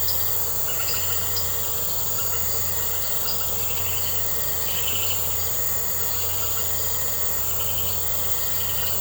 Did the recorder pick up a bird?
no